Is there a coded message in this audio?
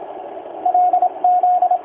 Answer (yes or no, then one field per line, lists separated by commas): yes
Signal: Morse code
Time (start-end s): 0.7-1.8 s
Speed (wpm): 27 wpm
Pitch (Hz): 720 Hz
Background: radio noise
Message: L Z